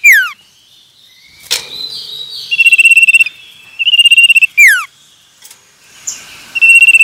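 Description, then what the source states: Common iora song, a string of short pulsed whistles broken by sharp descending slurs, repeated several times across seven seconds, with a few soft chirps in between. Male.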